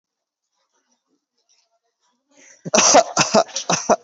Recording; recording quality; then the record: heavy voluntary cough; excellent, no background noise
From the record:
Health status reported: COVID-19 positive, mild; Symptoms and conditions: cough, cold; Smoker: not ticked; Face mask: not worn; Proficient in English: yes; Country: India